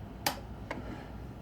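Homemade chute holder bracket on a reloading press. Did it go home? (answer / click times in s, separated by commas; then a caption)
yes / 0.3 s. A homemade bracket that holds the spent-primer chute on a Rock Chucker reloading press, made because the chute kept moving, is pushed on and locks into place with a sharp click at 0.27 s. A second, quieter tick follows at 0.71 s over low background hum.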